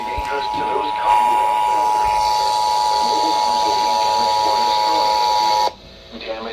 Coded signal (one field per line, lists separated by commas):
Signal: Emergency Alert System (SAME) tones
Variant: 853 and 960 Hz attention tone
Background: speech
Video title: THE MADNESS OF STORMS... (Part 1) || EAS Alerts from March & April (EAS #37 - #74)